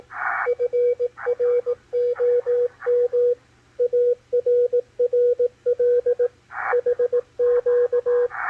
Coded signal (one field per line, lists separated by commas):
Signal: Morse code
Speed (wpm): 18 wpm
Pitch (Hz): 490 Hz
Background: radio noise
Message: FROM ARRL HQ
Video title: W1AW CW BULLETIN DECODE - MACHILITE DSP SDR RECEIVER 10-14-2021